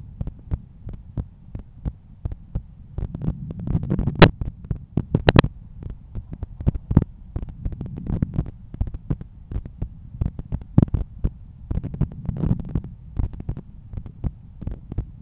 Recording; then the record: heart sounds by stethoscope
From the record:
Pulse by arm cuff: 86 bpm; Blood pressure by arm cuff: 138/86 mmHg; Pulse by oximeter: 83 bpm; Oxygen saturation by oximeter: 97%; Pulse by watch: 99 bpm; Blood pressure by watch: 123/80 mmHg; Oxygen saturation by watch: 95%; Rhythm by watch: sinus rhythm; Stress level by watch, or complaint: low stress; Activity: after 5 min smoking and coffee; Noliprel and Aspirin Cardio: after pills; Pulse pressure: 52 mmHg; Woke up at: 7:30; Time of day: 8:57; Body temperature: 36.4 C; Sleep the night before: 8 h 32 min, score 78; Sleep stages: REM 32%, light 50%, deep 12%, awake 6%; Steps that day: 9500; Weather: sunny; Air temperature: 15.6 C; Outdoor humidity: 83%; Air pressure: 1014 hPa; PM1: 15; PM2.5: 19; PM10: 35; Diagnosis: hypertension, treated with Noliprel and Aspirin Cardio 100 mg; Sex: male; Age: 53 years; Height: 174 cm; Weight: 81 kg